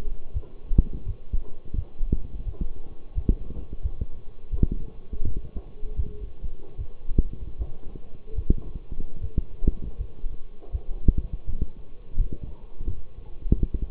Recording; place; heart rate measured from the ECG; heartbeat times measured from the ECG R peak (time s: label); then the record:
heart sounds by stethoscope; between the tricuspid and mitral areas; 82 bpm
0.33 s: heartbeat
1.05 s: heartbeat
1.75 s: heartbeat
2.45 s: heartbeat
3.14 s: heartbeat
3.82 s: heartbeat
4.51 s: heartbeat
5.24 s: heartbeat
5.96 s: heartbeat
6.77 s: heartbeat
7.57 s: heartbeat
8.35 s: heartbeat
9.20 s: heartbeat
9.97 s: heartbeat
10.71 s: heartbeat
11.45 s: heartbeat
12.17 s: heartbeat
12.86 s: heartbeat
13.56 s: heartbeat
From the record:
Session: walking at 3.7 km/h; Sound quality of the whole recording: partially saturated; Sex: male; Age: 24 years